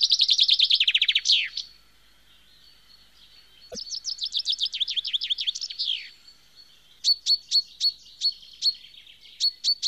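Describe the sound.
Bird song of fast trilled notes that slide downward at the end, a second similar trill, then a string of separate sharp high notes.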